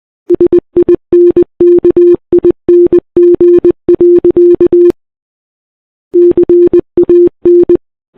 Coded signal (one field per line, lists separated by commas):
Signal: Morse code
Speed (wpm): 20 wpm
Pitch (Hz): 350 Hz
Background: none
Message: SINKING. CAN